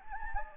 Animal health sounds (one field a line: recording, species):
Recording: mosquito wingbeat signal from an infrared sensor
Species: Anopheles gambiae